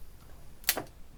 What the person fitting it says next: okay i went super slow there there it clicked in